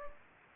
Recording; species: mosquito wingbeat signal from an infrared sensor; Anopheles gambiae